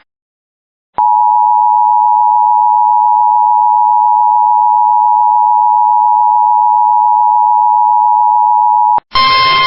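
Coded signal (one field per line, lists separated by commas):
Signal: Emergency Alert System (SAME) tones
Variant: 853 and 960 Hz attention tone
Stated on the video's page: Failed Flash Flood Warning alert for Iowa.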